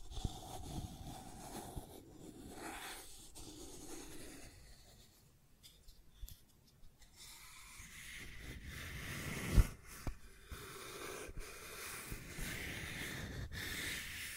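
Scratching and tracing sounds: rough, grainy rubbing strokes that come and go irregularly, with a quieter, sparser stretch around the middle. A single sharp tap stands out near the ninety-percent mark, then dense scraping resumes and steadies toward the end.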